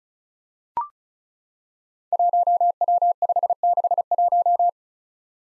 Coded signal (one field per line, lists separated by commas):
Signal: Morse code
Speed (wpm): 36 wpm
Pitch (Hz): 700 Hz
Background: none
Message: 1W561